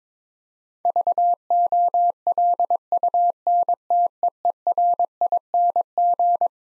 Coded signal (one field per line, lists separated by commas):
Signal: Morse code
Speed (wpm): 21 wpm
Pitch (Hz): 700 Hz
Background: none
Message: VOLUNTEERING